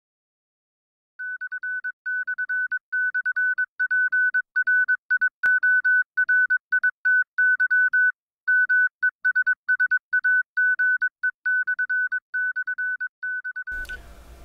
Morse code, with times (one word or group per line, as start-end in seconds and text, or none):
1.2-8.1 ///PRIORITY
8.5-14.0 MESSAGE///